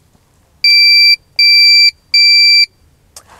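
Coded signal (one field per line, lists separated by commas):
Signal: none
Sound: breathalyzer result beeps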